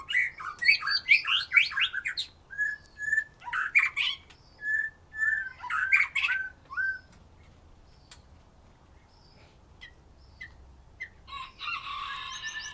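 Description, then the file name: White-rumped shama singing short repeated whistled phrases with brief gaps, then falling quiet, with a harsh buzzy burst near the end. "murai batu"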